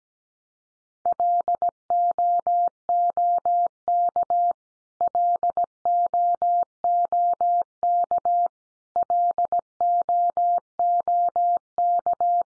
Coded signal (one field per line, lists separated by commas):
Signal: Morse code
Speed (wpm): 17 wpm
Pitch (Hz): 700 Hz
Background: none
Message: LOOK LOOK LOOK